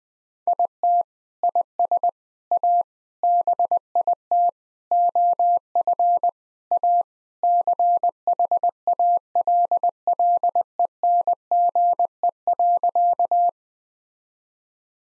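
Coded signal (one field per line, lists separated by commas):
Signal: Morse code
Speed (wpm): 20 wpm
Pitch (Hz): 700 Hz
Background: none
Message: IT IS A BIT OF A CHALLENGE.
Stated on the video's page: Morse practice at 20 wpm: sentences built from common four-word phrases, each sent in Morse, spoken, then sent again for head-copy training.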